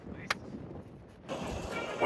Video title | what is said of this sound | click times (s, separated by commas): Packing up and Leaving Roswell - In a Snow Storm? | Get that all nice uh clicked in place. | 0.3 s